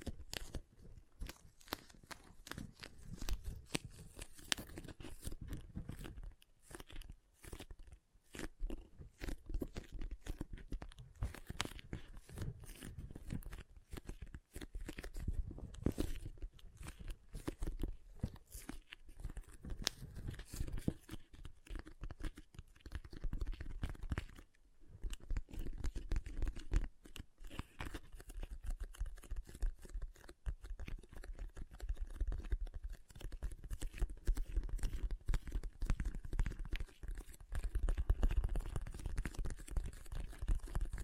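Water beads squish and crackle in a dense, continuous stream of wet crunching and popping, heaviest in the low end. The texture stays busy throughout, with brief lulls around 7 and 25 seconds and a louder, fuller burst of squelching near 38 seconds.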